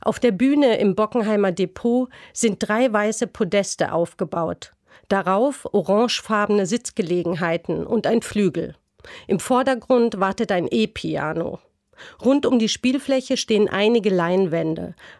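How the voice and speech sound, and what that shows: An adult woman narrates a German-language radio report in normal, fluent speech, with short pauses between phrases.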